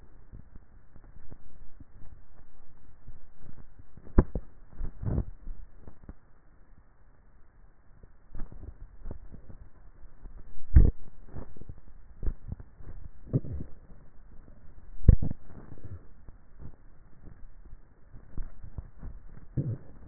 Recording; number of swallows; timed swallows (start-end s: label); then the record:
swallowing sounds by neck microphone; 4
4.92-5.85 s: swallow
8.52-10.42 s: swallow
12.42-13.32 s: swallow
18.53-19.18 s: swallow
From the record:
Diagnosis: dysphagia